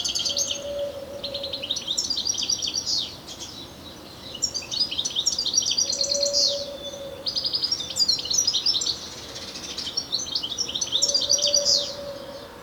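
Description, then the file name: European Goldfinch giving bursts of bright, tinkling twitters and buzzy notes, in phrases of two to three seconds separated by short pauses, with an intermittent low steady hum. "Carduelis carduelis"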